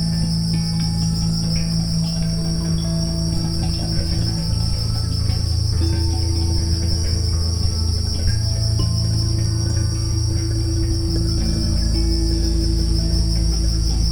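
Cricket chorus forming a steady high shimmering band, accompanied by deep, slowly changing sustained notes.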